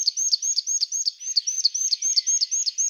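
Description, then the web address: Marsh tit: high, thin, arched notes repeated rapidly and evenly, about four a second, in a steady series with no other clear sounds. "Parus palustris"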